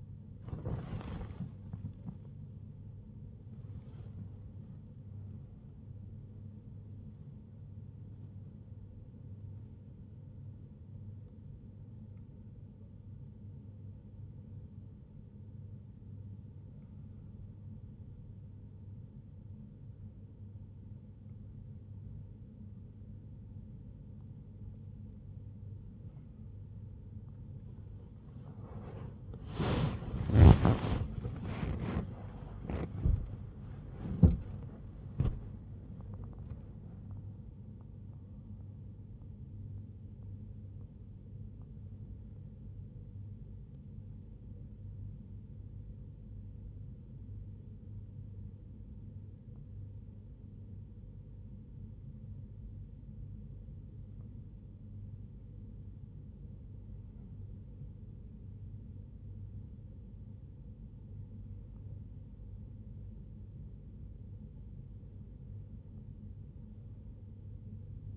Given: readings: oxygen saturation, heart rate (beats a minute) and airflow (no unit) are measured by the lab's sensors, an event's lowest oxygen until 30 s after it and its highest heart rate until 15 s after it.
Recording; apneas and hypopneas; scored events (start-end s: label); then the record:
breathing in sleep by a smartphone at the bedside; 1
6.00-68.17 s: new sleep stage, N1 (lightest sleep)
30.00-59.30 s: hypopnea (N1, oxygen 98% highest, then 94% lowest, heart rate 68 at the start, 89 highest)
From the record:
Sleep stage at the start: N2 (light sleep); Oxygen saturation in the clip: 94 to 98%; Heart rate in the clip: 56 to 89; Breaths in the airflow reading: 16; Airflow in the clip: -6.3 to 7.4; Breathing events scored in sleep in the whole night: 51 in 8.9 hours asleep